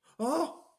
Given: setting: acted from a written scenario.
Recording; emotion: vocal sound without words; negative surprise